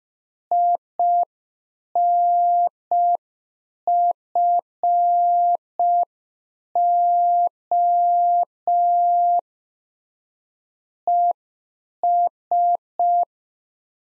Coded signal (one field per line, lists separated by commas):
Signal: Morse code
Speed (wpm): 5 wpm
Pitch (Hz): 700 Hz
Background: none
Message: INFO ES